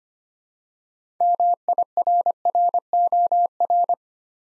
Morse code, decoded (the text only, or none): MIRROR